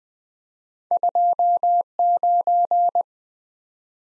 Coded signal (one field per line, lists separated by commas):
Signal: Morse code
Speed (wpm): 20 wpm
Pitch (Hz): 700 Hz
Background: none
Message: 29